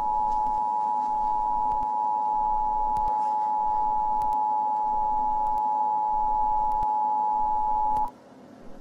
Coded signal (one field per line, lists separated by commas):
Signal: Emergency Alert System (SAME) tones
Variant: 853 and 960 Hz attention tone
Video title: Rosie scares caillou with a fake EAS alert and gets grounded